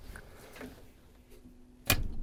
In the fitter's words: I heard it click. Did you hear that?